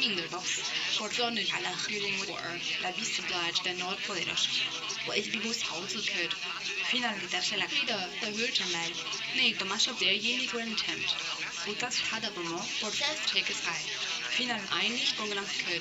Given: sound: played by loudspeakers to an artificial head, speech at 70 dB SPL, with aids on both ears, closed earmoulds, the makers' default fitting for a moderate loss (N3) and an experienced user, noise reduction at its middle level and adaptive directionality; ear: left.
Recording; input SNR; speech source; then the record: speech test signal (ISTS) in cocktail-party noise; +6 dB; in front (0 degrees)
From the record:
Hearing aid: class 1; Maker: A